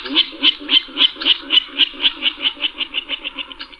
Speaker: the Virginia rail has a descending series of grunts.